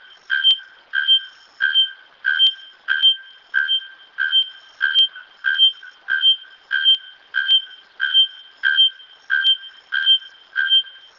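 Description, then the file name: Bare-throated bellbird song: loud metallic, ringing notes with a sharp clanging onset, repeated steadily about one and a half times per second throughout, in otherwise quiet surroundings. "araponga"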